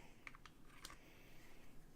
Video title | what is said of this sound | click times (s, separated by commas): Banter 249 | and it just clicks in place as well. | 0.3 s